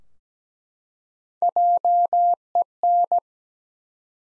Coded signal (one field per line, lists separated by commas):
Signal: Morse code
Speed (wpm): 17 wpm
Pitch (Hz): 700 Hz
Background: none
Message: JEN